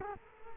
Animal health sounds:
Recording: mosquito wingbeat signal from an infrared sensor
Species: Culex quinquefasciatus

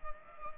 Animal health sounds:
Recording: mosquito wingbeat signal from an infrared sensor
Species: Culex pipiens

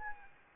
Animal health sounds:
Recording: mosquito wingbeat signal from an infrared sensor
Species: Anopheles arabiensis

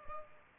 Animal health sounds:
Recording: mosquito wingbeat signal from an infrared sensor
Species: Culex pipiens

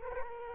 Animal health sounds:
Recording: mosquito wingbeat signal from an infrared sensor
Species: Culex quinquefasciatus

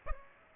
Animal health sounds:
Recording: mosquito wingbeat signal from an infrared sensor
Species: Aedes aegypti

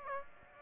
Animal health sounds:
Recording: mosquito wingbeat signal from an infrared sensor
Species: Aedes aegypti

